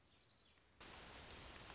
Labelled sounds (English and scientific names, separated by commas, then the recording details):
Orange-crowned Warbler (Leiothlypis celata)
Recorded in Sonoma County, California